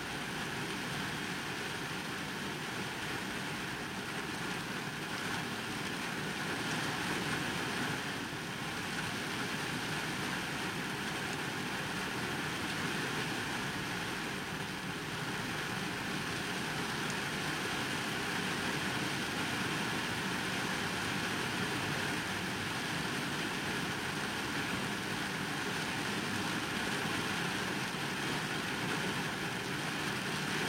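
Heavy rain heard inside an empty car, a dense, unbroken hiss that stays level for the whole half minute. Beneath it runs a steady low rumble like an idling engine, and faint tones hold constant throughout with no distinct events.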